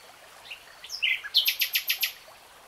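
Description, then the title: Nightingale song: a few soft whistles, then a loud rapid series of sharp repeated notes, with quiet background noise. Nightingale singing, in real time. "[Tiếng chim hót] 3 Hours REALTIME Nightingale Singing"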